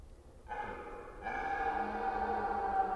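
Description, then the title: Red deer roar: a loud, droning, harmonic call breaks in, weakens briefly, then swells and holds to the end. Red deer during the rut in the Forêt d'Orléans, France. "hifi soundscape lama. Red Deer Rut - Forêt d'Orleans, France"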